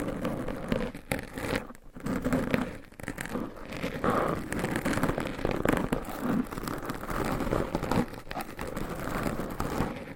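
Long nails scratch and rub directly on microphones in a dense, continuous flurry of crackly, crinkling strokes, close and full in the low and middle range. Brief dips near two and nine seconds break the otherwise steady scratching, with no talking.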